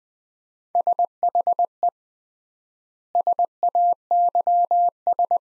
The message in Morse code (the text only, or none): SHE SAYS